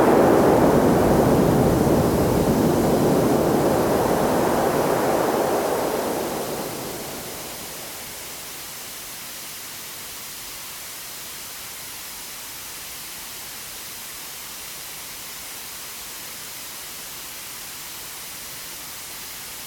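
A loud rushing wash of surf, full in the low and middle range, swells over the first seven seconds, then drains away. After that only a steady, quieter hiss remains, even and bright, running unchanged to the end.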